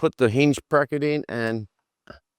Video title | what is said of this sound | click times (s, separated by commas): Boss Adventure Caravan Full Handover - Complete Tutorial | that locks into place there. | 2.1 s